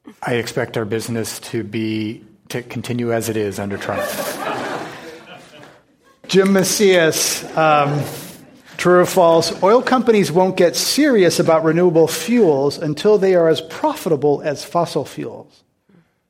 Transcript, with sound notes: I expect our business to be, to continue as it is under Trump.
[Laughter]
Jim Macias, true or false. Oil companies won't get serious about renewable fuels until they are as profitable as fossil fuels?